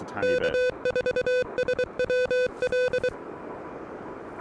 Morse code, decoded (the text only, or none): K4SWL